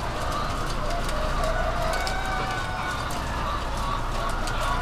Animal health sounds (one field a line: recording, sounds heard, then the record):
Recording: poultry house recording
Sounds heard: healthy chickens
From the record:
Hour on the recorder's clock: 21